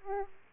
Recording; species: mosquito wingbeat signal from an infrared sensor; Aedes aegypti